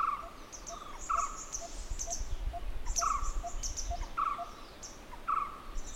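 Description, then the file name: Barbet notes repeated every one to two seconds with softer lower notes between, high bird chirps and steady low rumbling noise throughout. "Barbets Grey Wag"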